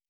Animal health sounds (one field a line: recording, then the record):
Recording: hydrophone in a shrimp aquaculture tank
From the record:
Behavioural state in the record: normal